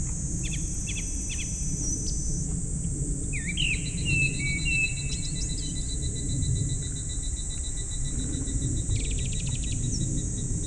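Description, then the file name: Japanese thrush singing one rising, twisting whistled phrase, with a rapid high trill at the start and again near the end, and a steady insect drone throughout. Recorded 19 July 2015, 19:19. "kurotugumi"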